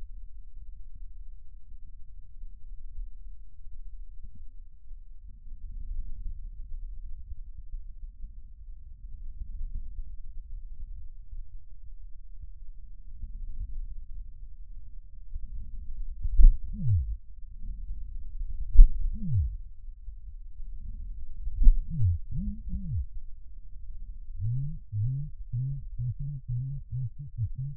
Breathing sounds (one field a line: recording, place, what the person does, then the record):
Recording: lung sounds by stethoscope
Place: right posterior basal chest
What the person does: quiet breathing, then cough and speech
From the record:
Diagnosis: pulmonary infection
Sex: male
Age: 54 years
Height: 187 cm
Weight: 95 kg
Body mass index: 27.2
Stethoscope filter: bell mode